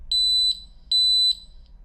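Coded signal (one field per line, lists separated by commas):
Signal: beep code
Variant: ColorAlti 3 freefall alarm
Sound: two high-pitched long beeps, each about 0.4 seconds, with a short gap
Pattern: 2 long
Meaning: Altitude between 6,000 and 5,500 ft in freefall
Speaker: from 6,000 down to 5,500 ft high long beeps.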